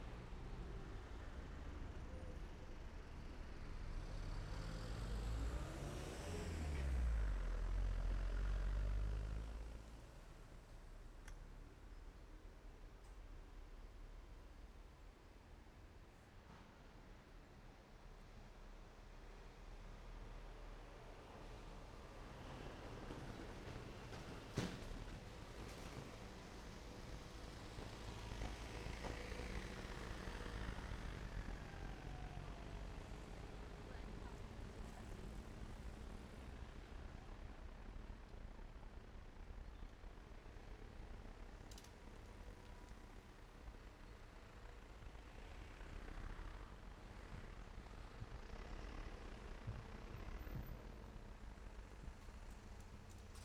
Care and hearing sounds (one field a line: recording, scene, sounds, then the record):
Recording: everyday scene through a hearing-aid microphone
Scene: in traffic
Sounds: traffic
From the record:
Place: main road on the outskirts, rush hour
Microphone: behind the ear, right, front